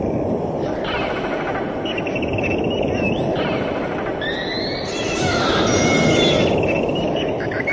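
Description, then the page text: Humpback whale song: rough pulsed units, then long wavering whistled tones, all above a thick continuous hiss of water noise. "киты - горбатые киты"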